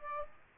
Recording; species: mosquito wingbeat signal from an infrared sensor; Aedes aegypti